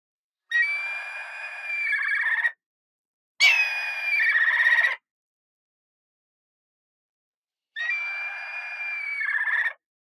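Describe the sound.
Yellow-billed kite calls: three long, quavering whinnying trills, each a second or two long, with pauses between them.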